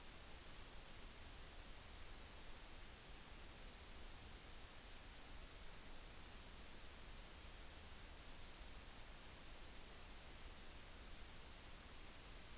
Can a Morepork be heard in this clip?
no